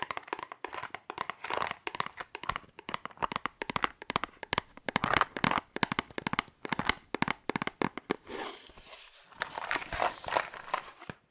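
Fast, aggressive tapping on cardboard, a dense run of sharp dry hits packed closely together with little pause. Around the eighth second the strikes give way to a brighter, rougher scraping and crinkling texture that continues to the end.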